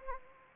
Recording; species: mosquito wingbeat signal from an infrared sensor; Anopheles gambiae